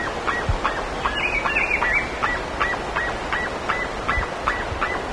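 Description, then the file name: Bird calls: short harmonic honking notes repeated about two to three times a second, with brief higher thin notes and a steady background hiss. "SABIOD 50 bird 2015"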